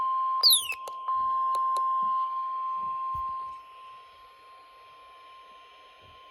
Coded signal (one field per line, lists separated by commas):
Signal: Emergency Alert System (SAME) tones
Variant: 1050 Hz attention tone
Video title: EAS #257-261| Required Weekly Test| KXI76, WWH23, WXJ31